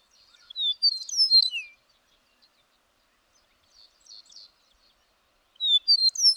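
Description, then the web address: Bird song: a burst of high twittering and falling whistled slurs, a long pause with faint chirps, then another loud twittering phrase begins. "birdsong 162"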